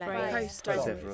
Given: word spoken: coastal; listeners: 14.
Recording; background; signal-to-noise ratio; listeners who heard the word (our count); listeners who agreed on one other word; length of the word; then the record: one English word in noise, from a listening test; four-talker babble; -2.5 dB; 0 of 14; 6 of 14; 0.75 s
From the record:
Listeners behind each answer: 6, 2, 2, 1, 1, 1, 1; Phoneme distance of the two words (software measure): 17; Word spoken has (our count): 2 syllables, 6 phonemes, stress on syllable 1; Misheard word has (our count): 2 syllables, 5 phonemes, stress on syllable 1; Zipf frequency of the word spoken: 4.02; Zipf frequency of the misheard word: 3.93